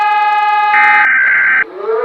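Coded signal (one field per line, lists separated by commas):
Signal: Emergency Alert System (SAME) tones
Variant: header bursts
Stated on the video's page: Mock alert, not a real activation.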